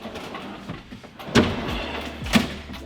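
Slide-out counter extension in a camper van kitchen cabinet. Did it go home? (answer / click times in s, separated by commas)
yes / 2.4 s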